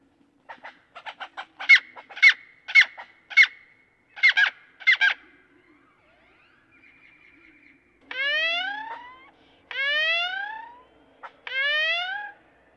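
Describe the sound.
Great-tailed grackle calling: a run of sharp clacks and ticking notes, then three loud, strongly rising whistles with rich harmonics, each about a second long and spaced out.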